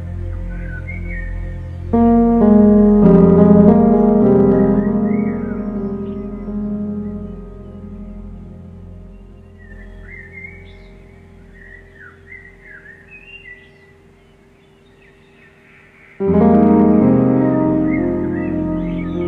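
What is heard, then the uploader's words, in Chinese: Birdsong with piano. Soft piano chords enter around two seconds and ring out slowly, then fade to a quiet stretch where small high bird chirps and trills carry on their own, before a louder piano chord returns near sixteen seconds. 鸟鸣+钢琴。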